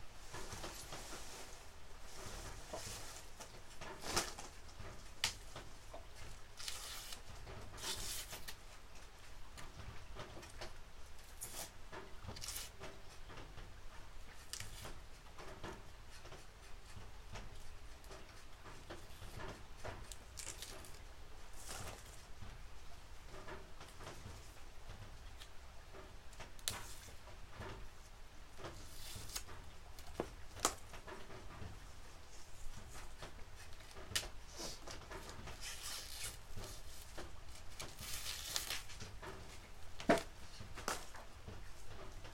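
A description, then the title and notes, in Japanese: Freshly harvested green onions are being trimmed and prepared by hand, with a steady run of crisp rustles, snaps and tearing sounds as skins and leaves come off. Sharper knocks and clatters land every few seconds over a low, constant hum. 出荷日の昼下がり。収穫してきたネギの調整作業中(皮むき、葉落とし、軽量、束にする)。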